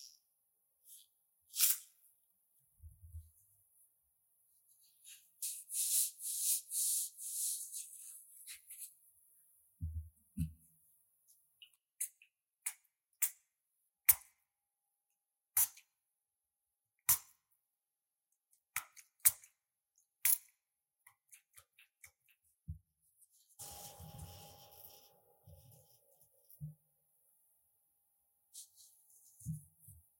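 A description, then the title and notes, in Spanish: Quiet handling sounds of skin care and ear massage: sharp dry clicks and snaps scattered every second or so, with a brief bright rustling burst around six seconds. Near the end come soft low rubbing and a short faint tone. Extracción de puntos negros y masaje intenso en el oído.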